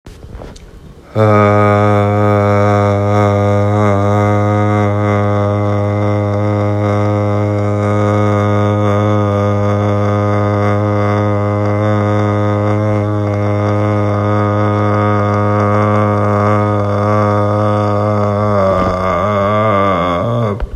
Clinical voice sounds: sustained vowel /a/; male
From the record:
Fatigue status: no fatigue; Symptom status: symptomatic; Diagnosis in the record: COVID-19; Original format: m4a

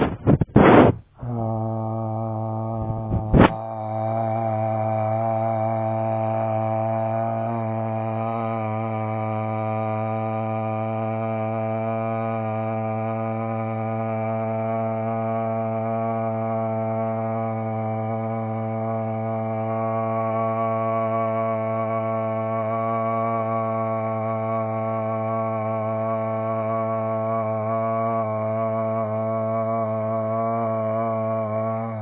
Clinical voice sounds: sustained vowel /a/; male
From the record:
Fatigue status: no fatigue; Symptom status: asymptomatic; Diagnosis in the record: COVID-19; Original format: 3gp

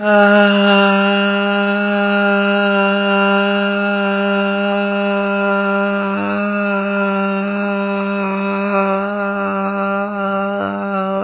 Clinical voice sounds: sustained vowel /a/; female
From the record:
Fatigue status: no fatigue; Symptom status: symptomatic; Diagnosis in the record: COVID-19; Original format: 3gp

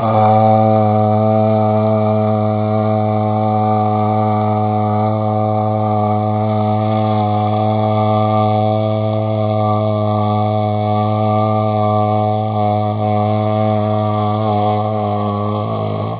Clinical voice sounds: sustained vowel /a/; male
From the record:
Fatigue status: no fatigue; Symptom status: symptomatic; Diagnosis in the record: COVID-19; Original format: 3gp

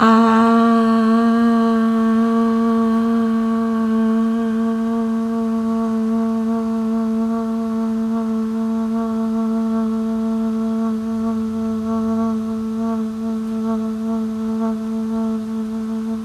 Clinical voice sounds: sustained vowel /a/; female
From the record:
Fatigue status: fatigue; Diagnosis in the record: COVID-19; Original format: m4a

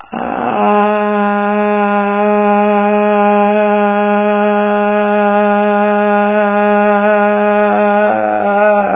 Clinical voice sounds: sustained vowel /a/; female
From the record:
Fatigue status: fatigue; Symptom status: symptomatic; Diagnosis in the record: COVID-19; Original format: 3gp

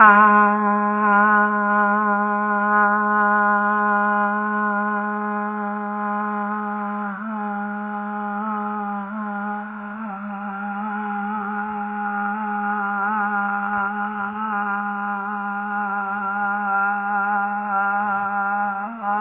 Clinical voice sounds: sustained vowel /a/; female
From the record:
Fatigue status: fatigue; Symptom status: symptomatic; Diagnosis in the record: COVID-19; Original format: 3gp

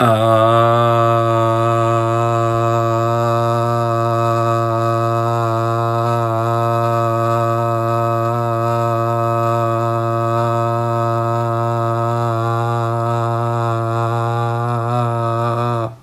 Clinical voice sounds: sustained vowel /a/; male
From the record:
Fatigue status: no fatigue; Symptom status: asymptomatic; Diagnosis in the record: COVID-19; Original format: m4a

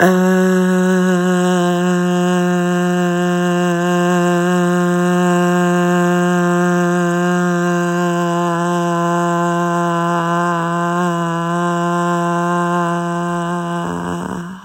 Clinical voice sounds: sustained vowel /a/; female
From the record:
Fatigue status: fatigue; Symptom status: symptomatic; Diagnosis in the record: COVID-19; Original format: m4a

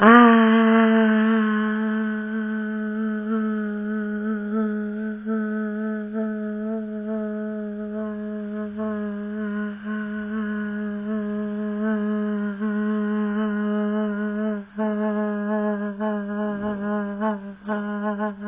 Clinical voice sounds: sustained vowel /a/; female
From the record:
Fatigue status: fatigue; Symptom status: symptomatic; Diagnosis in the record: COVID-19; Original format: 3gp

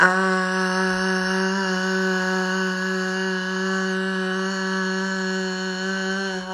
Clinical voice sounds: sustained vowel /a/; female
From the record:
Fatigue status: no fatigue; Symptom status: asymptomatic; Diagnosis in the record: COVID-19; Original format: m4a

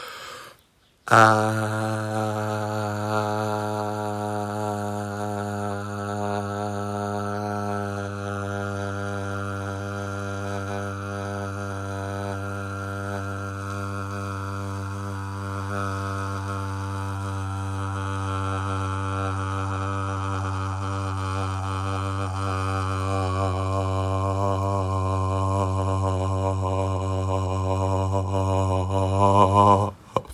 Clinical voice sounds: sustained vowel /a/; male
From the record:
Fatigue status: no fatigue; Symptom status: asymptomatic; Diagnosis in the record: COVID-19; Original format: m4a

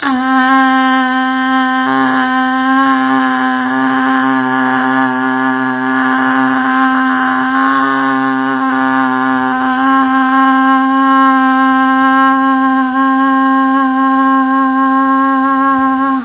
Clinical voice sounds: sustained vowel /a/; female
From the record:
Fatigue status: no fatigue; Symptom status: symptomatic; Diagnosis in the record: COVID-19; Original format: 3gp

